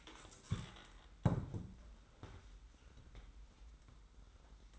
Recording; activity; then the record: daily activity, microphone in the room; stand up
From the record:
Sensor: 3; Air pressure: 990.4 hPa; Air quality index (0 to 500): 168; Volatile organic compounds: 1000 ppm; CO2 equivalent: 5426 ppm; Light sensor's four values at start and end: 46/108/44/42 and 46/108/44/42